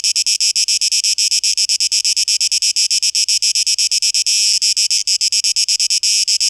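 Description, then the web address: Cicada song: a high, grating buzz in rapid pulses, with a brief unbroken stretch partway through before the pulsing resumes. Cicadas recorded on 12 August 2023. "rauschpartikel Audio 2023-08-12 Zikaden"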